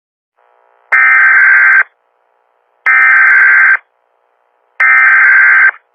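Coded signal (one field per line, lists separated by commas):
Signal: Emergency Alert System (SAME) tones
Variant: header bursts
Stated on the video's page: Fictional EAS scenario alert tones, a remastered recreation.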